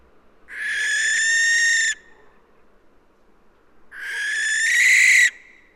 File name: Western Barn Owl Tyto alba